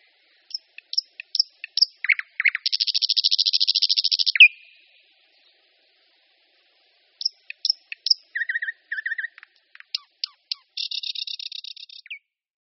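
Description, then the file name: Thrush nightingale song: sharp high clicks and notes, then a long dry buzzing rattle, a pause, and more varied chirps, chattering phrases and another rattle. "Slavík-tmavý"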